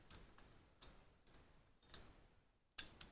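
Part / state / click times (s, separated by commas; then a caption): safety lever in pistol frame / not seated / none. During cleaning of a CZ 75B pistol, after the spring leg has been bent over the safety, the steel safety lever in the pistol frame is moved by hand toward its detent positions. A series of short, sharp ticks is heard over a quiet background, the loudest near the end. Nothing has seated or clicked home yet.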